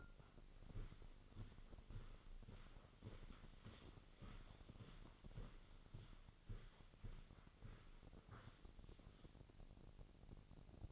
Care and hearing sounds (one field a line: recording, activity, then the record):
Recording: daily activity, microphone in the room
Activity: walk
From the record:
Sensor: 4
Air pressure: 1010.1 hPa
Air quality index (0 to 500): 172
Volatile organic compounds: 2 ppm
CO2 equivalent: 1250 ppm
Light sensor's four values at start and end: 54/135/57/62 and 55/136/57/63